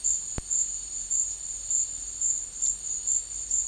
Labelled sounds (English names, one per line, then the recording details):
none
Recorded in secondary vegetation near Puerto Asís, Putumayo, Colombia, on 4 March 2025 at 12:00
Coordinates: 0.499, -76.323
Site G094